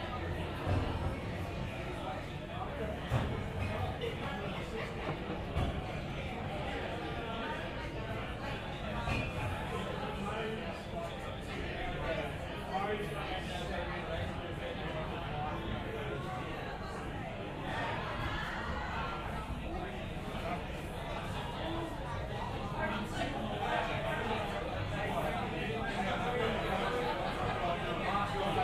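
City pub ambience with a dense, steady wash of overlapping conversation, many voices talking at once so no single speaker stands out. The crowd murmur holds an even level throughout, with occasional brief clinks and small knocks poking through the chatter.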